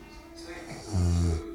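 A man, a bassist, asleep and snoring.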